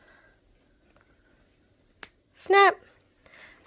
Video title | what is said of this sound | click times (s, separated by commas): Breathing, Morning Meeting, & Doing Chores (Pre-K/Early Childhood) | there's one more at the collar snap | 2.0 s